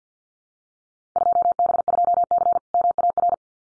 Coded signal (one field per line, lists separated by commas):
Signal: Morse code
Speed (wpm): 50 wpm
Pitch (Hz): 700 Hz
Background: none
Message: 2B2C MAR